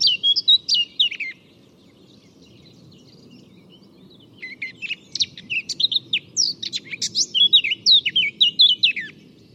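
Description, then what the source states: Eurasian Blackcap song: a fast scratchy warble, a pause of about three seconds, then a longer burst of varied chattering and whistled notes. Recorded at La Chaux, Saint-Bonnet-le-Courreau, on 15 April 2025 with a Tascam DR-05 and parabola; known song, bird seen.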